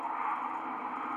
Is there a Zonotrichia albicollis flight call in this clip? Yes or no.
no